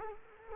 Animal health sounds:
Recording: mosquito wingbeat signal from an infrared sensor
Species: Culex quinquefasciatus

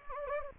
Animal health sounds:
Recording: mosquito wingbeat signal from an infrared sensor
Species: Anopheles gambiae

